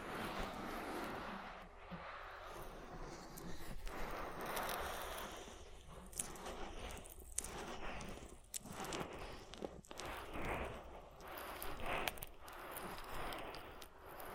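Oily ear massage with continuous wet rubbing and squishing, broken by frequent sharp crackles and scrapes, especially around seconds 6 to 12.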